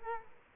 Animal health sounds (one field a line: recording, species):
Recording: mosquito wingbeat signal from an infrared sensor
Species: Culex quinquefasciatus